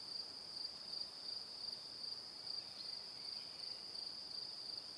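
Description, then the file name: Crickets chirp continuously in a high, even chorus that pulses rhythmically, with low background hiss. "Calm - Evening Crickets"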